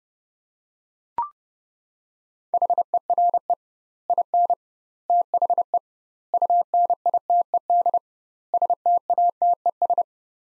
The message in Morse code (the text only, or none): HERE IN THE UNITED STATES